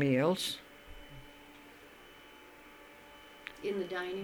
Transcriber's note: an appliance being run is heard in the background on the tape